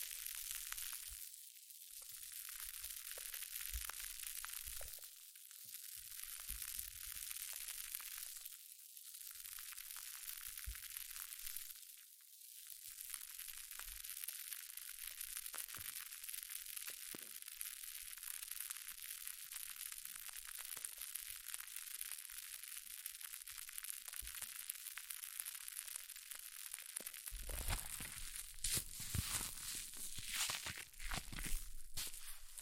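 Hair mousse fizzes and crackles in a dense, steady hiss of tiny pops, bright and hissing with little low end. Brief louder swells come every few seconds early on, and near the end, after about 27 seconds, the crackling turns rougher and more crunchy.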